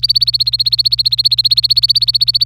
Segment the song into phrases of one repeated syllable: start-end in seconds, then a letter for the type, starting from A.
0.00-2.44 A